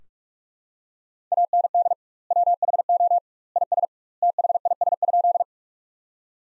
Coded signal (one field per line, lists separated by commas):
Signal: Morse code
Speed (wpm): 45 wpm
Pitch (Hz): 700 Hz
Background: none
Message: AND WHO IS THIS?